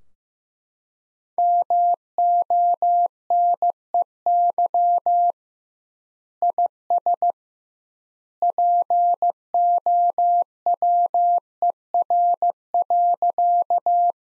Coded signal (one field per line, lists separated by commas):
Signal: Morse code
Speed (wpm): 15 wpm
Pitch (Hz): 700 Hz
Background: none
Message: MONEY IS POWER.